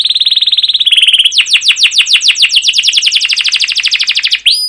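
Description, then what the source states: Canary song: a buzzy trill that breaks into a quick series of downslurred chirps, repeated evenly, ending with a brief rising whistle. Canary song used as a lure to train other canaries; described as long, energetic rolling song with 'cuit cuit' notes.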